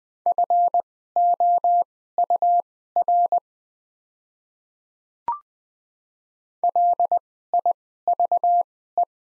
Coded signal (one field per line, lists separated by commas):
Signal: Morse code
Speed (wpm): 20 wpm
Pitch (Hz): 700 Hz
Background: none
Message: FOUR LIVE